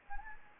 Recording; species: mosquito wingbeat signal from an infrared sensor; Anopheles gambiae